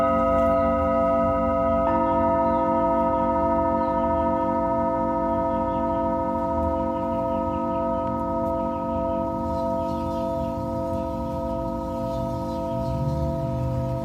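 Tibetan singing bowls ring with long, steady sustained tones that hold throughout, several pitches layered together with a low hum beneath. Around two seconds a new tone joins and thickens the sound, and a faint, slow wavering pulses through the ringing.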